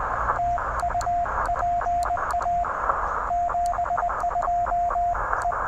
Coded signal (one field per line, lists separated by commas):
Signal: Morse code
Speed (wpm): 19 wpm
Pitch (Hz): 700 Hz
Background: radio noise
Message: TU PA 72 E